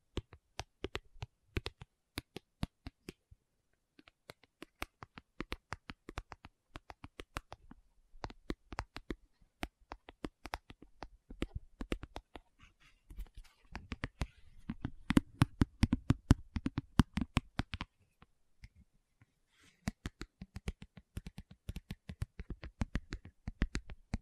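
Fingers tap and click in quick, uneven bursts, each hit crisp and bright. The tapping thins briefly around eight and nineteen seconds, then grows busier and fuller in the middle stretch from about fourteen to eighteen seconds. No voices are heard.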